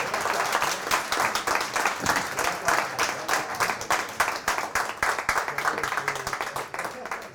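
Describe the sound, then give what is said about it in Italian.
Sustained audience applause at a wine tasting for four wines and their winemakers, a dense stream of many hands clapping at a steady, fairly loud level for several seconds with no letup. “Ecco, vorrei che voi faceste un applauso quindi a questi quattro vini, a questi quattro vignaioli.”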